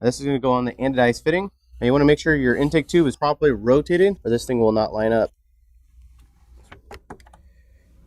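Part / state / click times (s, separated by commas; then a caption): breather hose quick-release connector onto intake tube fitting / seated / 7.1 s. Someone talks, then a hard plastic breather hose with a spring quick-release is pushed onto the anodized fitting of a new intake tube, which must be properly rotated for it to line up. A few light clicks come near 6.7 s and 6.9 s, then a sharp snap at 7.1 s as the connector seats onto the fitting, followed by faint ticks.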